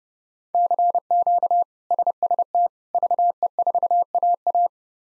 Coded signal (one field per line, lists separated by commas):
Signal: Morse code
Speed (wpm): 30 wpm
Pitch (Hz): 700 Hz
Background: none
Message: CQ SST VE4AA